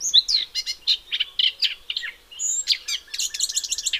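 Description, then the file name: Eurasian blackcap song: busy, jumbled warbling of short high phrases, briefly dipping to a quieter gap midway before resuming. "Sylvia atricapilla"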